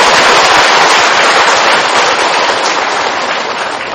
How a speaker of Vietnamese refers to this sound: Xin cho tràng pháo tay ông này.